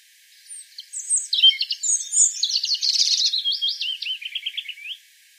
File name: Erithacus rubecula